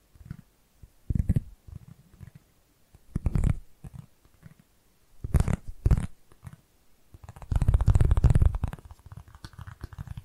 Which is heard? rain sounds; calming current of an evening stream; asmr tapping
asmr tapping